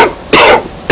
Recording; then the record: coughing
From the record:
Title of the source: Coughing 60